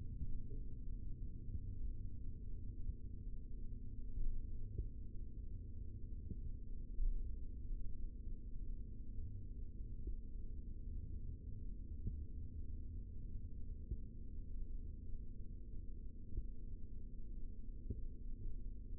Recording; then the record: forearm muscle sounds (acoustic myography)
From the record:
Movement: rest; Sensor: system 3, bracelet of six PUI Audio POM-2738L microphones around the upper forearm, with dedicated amplification and filtering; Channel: 4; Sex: male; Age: 23 years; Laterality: right